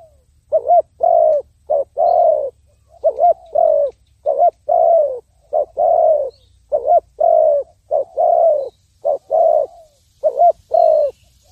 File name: tieng cu dat gay